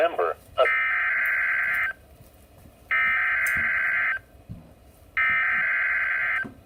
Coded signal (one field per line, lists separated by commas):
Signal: Emergency Alert System (SAME) tones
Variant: header bursts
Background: speech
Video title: EAS Alerts #9 & #10 Double Header #1 (Severe T Storm Warning #7 & Severe T Storm Watch #2) 5/21/18